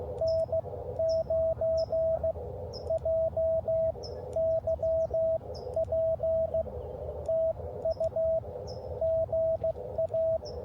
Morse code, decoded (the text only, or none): N9JYP TU GA